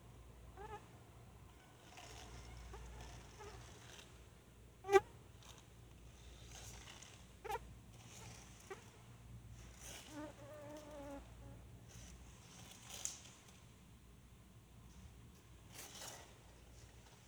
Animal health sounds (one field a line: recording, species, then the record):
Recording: mosquito flight sound by mobile phone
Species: Anopheles freeborni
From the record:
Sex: female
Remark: in a cage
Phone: Sony Xperia